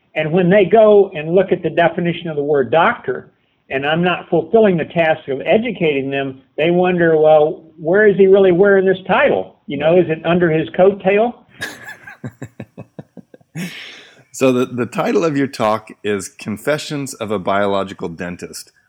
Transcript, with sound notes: And when they go and look at the definition of the word “doctor,” and I’m not fulfilling the task of educating them, they wonder, “Well, where is he really wearing this title? Is it under his coat tail?”
[Laughs] So, the title of your talk is “Confessions of a Biological Dentist.”